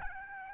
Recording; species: mosquito wingbeat signal from an infrared sensor; Aedes albopictus